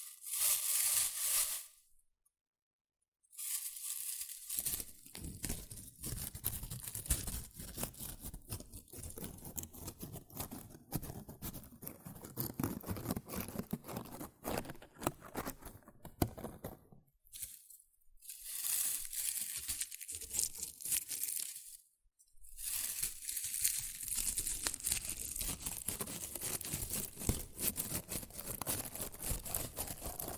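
Shredded tissue and packing peanuts rustle and crinkle in dense, uneven bursts of crackling, with a bright hiss on top. The handling pauses into near silence around 2 to 4 seconds, again briefly near 17, and around 21 to 22 seconds, then resumes.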